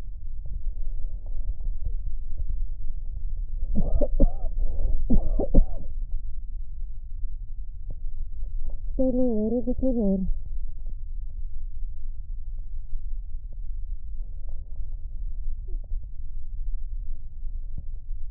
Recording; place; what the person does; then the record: lung sounds by stethoscope; right posterior basal chest; quiet breathing, then cough and speech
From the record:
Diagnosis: interstitial lung disease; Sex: female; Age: 60 years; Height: 152 cm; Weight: 55.9 kg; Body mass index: 24.2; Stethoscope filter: extended mode